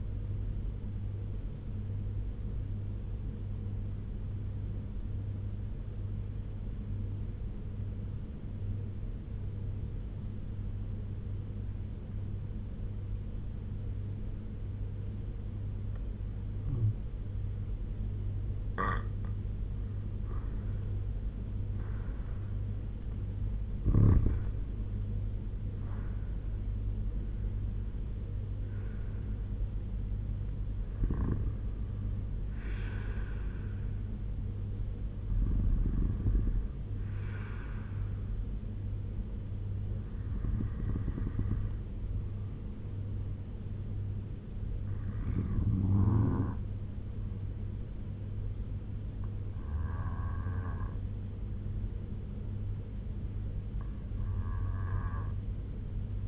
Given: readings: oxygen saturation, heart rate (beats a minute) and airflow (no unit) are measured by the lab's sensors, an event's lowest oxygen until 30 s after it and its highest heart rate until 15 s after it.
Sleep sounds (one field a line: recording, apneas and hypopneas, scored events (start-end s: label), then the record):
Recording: breathing in sleep by a smartphone at the bedside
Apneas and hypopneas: 1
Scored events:
3.00-18.40 s: obstructive apnea (N2, oxygen 93% highest, then 84% lowest, heart rate 73 at the start, 85 highest)
From the record:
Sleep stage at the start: N2 (light sleep)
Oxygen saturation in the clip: 84 to 96%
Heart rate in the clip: 69 to 85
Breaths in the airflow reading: 8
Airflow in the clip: -9.9 to 8.5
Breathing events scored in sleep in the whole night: 201 in 6.5 hours asleep